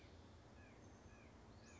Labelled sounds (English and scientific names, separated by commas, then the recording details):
Western Flycatcher (Empidonax difficilis)
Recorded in Sonoma County, California